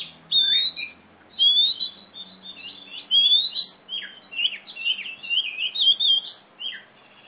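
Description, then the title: Oriental magpie-robin song: bursts of sweet whistles and sharp downslurred notes in short phrases, with a soft low hum beneath. Female black-plumaged Oriental magpie-robin, a national champion competition bird from East Java, in continuous loud "gacor" singing, described as a fighting-style "tarung" bird. "Kacer Juara 1 Nasional gacor kacer juara nasional jawa timur kacer tarung betina poci gacor hitam"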